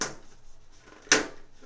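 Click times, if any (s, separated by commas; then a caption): 1.1 s. A metal drawer part is slotted into an IKEA Helmer steel drawer cabinet and pushed down. After a soft scrape at the start and quiet shuffling, a sharp metallic click sounds at 1.1 s as the part seats in place.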